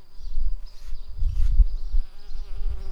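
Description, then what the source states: Tree bumblebee giving a low, droning buzz that swells and fades unevenly throughout, with a faint steady hum underneath. Workers.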